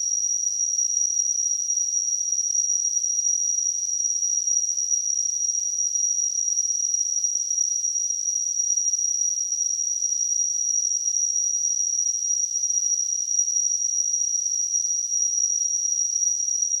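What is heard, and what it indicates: A steady, very high-pitched ringing tone near 6 kHz, wrapped in a faint hiss, holds unchanged for about 17 seconds, somewhat like a cricket's buzz. It is a simulation of tinnitus, the constant ringing some people hear with no outside sound present.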